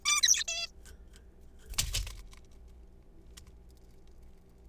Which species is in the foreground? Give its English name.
Zebra Finch